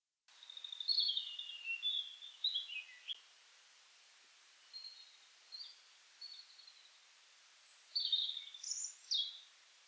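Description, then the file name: European robin song in separate high, liquid phrases, some descending, others thin and squeaky, spaced by brief silences. "Erithacus rubecula"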